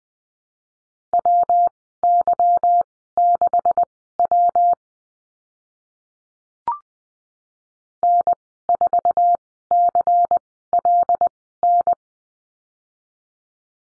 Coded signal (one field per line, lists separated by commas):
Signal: Morse code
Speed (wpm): 20 wpm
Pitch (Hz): 700 Hz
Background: none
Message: WY6W N4CLN